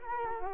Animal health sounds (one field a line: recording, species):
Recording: mosquito wingbeat signal from an infrared sensor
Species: Culex quinquefasciatus